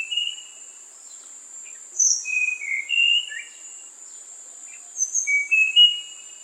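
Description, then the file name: Tanahjampea blue flycatcher calls in short clear whistled notes, some slurred downward, in bursts separated by pauses, over a steady high insect hiss. "sikatan tanahjampea"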